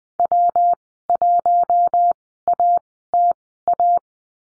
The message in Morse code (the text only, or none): W1ATA